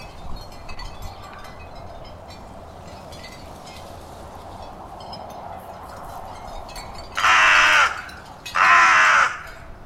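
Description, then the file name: Carrion crow calls twice near the end, two loud hoarse caws over a second apart, after a stretch of faint background noise. "Corvus corone"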